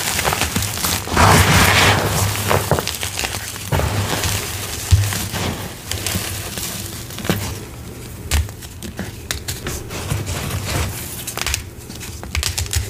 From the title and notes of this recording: Gym Chalk Reformed Slabs + Intense Powder Play. Crispy gritty crunchy reformed gym chalk crumbles and oddly satisfying asmr sounds.